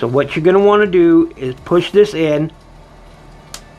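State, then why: Seated. Someone talks while pushing a plastic arm piece of a Transformers action figure into the channel built into the figure's arm. After the talking stops, a short, sharp click is heard at 3.5 s as the piece clicks into the channel and is seated.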